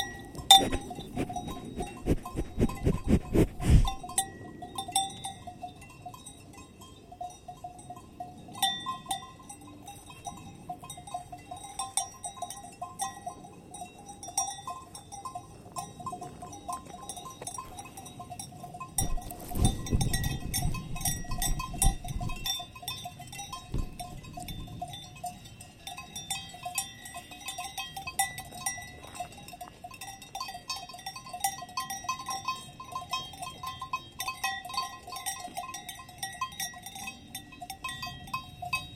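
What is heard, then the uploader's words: Cowbells clank almost continuously while cows feed, with brief louder bursts of rustling and chewing near the start and around twenty seconds. On a walk in the Dolomites at Valle Pramper, we record cows feeding, with the clank of their cow bells.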